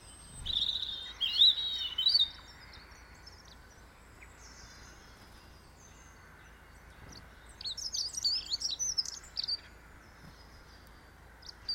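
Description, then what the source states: Birds singing in two bursts of warbled, chirping phrases with a long quiet gap between them and faint background hiss. Birds heard in a garden.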